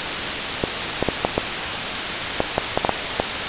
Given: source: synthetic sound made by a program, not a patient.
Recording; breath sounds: synthetic breath sounds; crackles